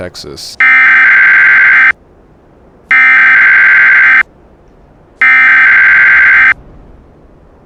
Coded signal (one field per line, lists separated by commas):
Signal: Emergency Alert System (SAME) tones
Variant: header bursts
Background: speech